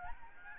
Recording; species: mosquito wingbeat signal from an infrared sensor; Aedes albopictus